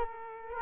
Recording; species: mosquito wingbeat signal from an infrared sensor; Culex quinquefasciatus